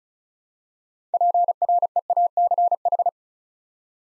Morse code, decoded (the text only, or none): PREACH